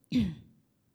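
A single short, soft cough from an adult: one abrupt burst with a brief throaty tail that fades within about half a second. An isolated small cough with no wheeze or rattle audible.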